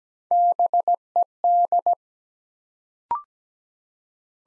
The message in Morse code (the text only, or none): BED